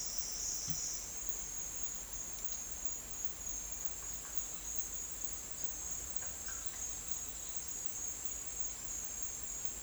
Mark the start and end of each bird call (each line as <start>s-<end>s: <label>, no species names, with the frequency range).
6.15s-6.92s: bird call (0.9-2.6 kHz)